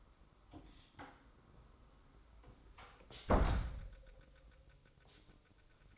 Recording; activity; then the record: daily activity, microphone in the room; close door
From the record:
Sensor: 3